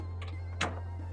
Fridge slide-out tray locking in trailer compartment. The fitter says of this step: You'll hear it lock into place. It's not going to go anywhere now.